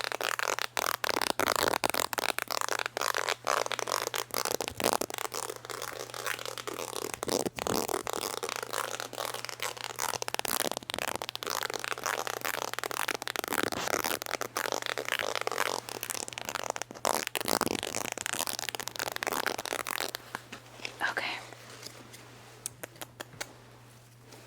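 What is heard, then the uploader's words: Fast, very aggressive scratching runs almost without pause, a dense rasping texture full of sharp strokes. It stays harsh and bright for about twenty seconds, then grows thinner and quieter toward the end. A steady low hum sits underneath throughout. ASMR Fast and Verrry Aggressive Scratching.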